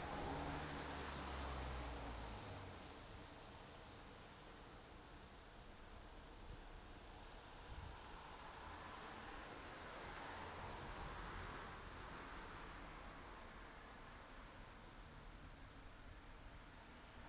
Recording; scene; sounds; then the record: everyday scene through a hearing-aid microphone; in traffic; traffic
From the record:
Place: city secondary road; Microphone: in the ear canal, right